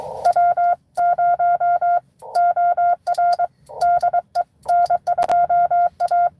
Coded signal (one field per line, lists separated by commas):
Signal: Morse code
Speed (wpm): 22 wpm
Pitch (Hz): 700 Hz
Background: none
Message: W0OR DE N2A